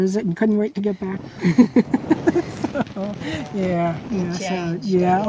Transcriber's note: both laugh